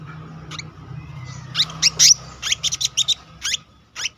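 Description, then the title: Selendang biru calls: a run of loud, sharp high chirps in quick succession, with a faint low hum in the background. Continuous rolling song style (gacor ngeroll) with fill-in phrases (isian). "BURUNG SELENDANG BIRU GACOR NGEROLL ISIAN"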